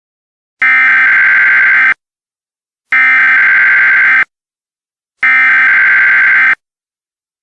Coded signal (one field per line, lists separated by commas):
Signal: Emergency Alert System (SAME) tones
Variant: header bursts